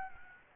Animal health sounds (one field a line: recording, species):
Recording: mosquito wingbeat signal from an infrared sensor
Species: Aedes albopictus